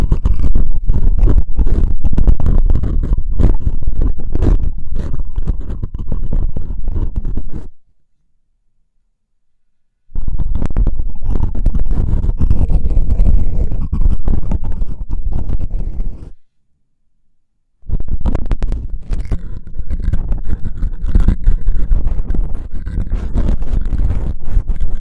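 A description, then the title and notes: Hair being picked, a dense run of scratchy, crackling strokes over a heavy, rumbling low rub. The scraping comes in three bursts, with two full silences, around 8 to 10 seconds and again near 17 seconds, before the picking resumes. Pure hair picking, delicate and different tingling comfort, electric-like feeling.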